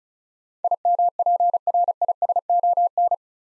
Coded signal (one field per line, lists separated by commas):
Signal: Morse code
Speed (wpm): 36 wpm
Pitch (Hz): 700 Hz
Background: none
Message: IMPRISON